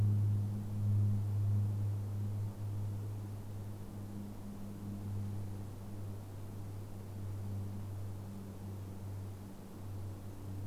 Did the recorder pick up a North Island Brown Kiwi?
no